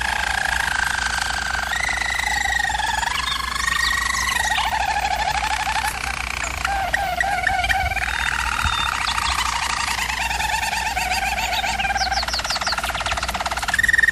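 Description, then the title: Canary song: continuous rolling trills and bubbling tours, shifting pitch every second or two, with a steady low hum underneath. Canary singing, for canary training. "German Roller Canary Singing - Canary Training Vid"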